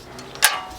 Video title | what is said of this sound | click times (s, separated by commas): DIY 2015 FORD F150 Brake Job - Don't Make This Mistake \ Step by Step | and you hear a little click just like that. | 0.4 s